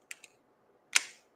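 An autoinjector pen is pressed against the fat of the upper arm for a self-injection, and pressing the button gives a sharp first click at 0.1 s that starts the dose. A fainter tick follows at 0.2 s, then a louder, brighter click with a short ring at 1.0 s.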